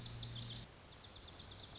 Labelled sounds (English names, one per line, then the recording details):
Lazuli Bunting
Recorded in Sonoma County, California